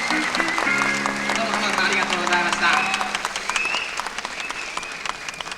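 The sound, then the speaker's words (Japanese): A large concert audience in late December 1974 applauds steadily for a band, dense clapping filling the air, while a sustained musical chord rings underneath for the first few seconds before fading as the clapping continues. “すべてを含めて、それでは一つ…の皆さんに合わせて拍手を添えていただきましょう。”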